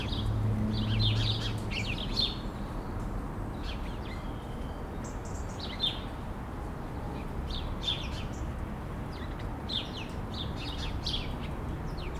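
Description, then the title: Sparrow chirps, scattered and irregular, short sharp notes against continuous background traffic noise. Sparrows sheltering in a laurel bush in Bassens, France, around 6 pm, with traffic noise in the background. "11 Rue de l'Église, Bassens, France - Moineaux"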